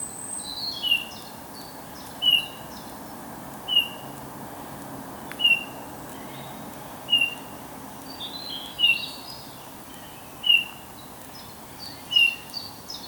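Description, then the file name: Eurasian bullfinch repeating a soft, downslurred piping whistle about every one and a half seconds, steady and regular, with scattered higher bird chirps in the background. "Pyrrhula pyrrhula"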